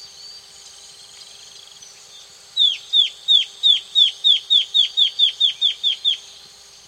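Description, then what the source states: Bare-crowned antbird song, a series of many sharp downslurred whistled notes at a steady pace. South America.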